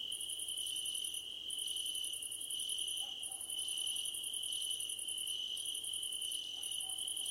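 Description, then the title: Crickets trilling continuously, one steady high drone plus sharper pulsed trains lasting one to two seconds with short breaks between them. Crickets calling at night under a starlit sky. "Nighttime Ambience with Crickets 🌃"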